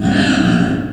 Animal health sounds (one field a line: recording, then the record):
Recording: squeal of a Yucatan mini pig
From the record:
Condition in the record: after surgery on the right vocal fold (resection and tissue-engineered implant)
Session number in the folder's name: 3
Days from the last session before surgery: 21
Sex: female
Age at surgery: 19 weeks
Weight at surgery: 25 kg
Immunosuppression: prednisolone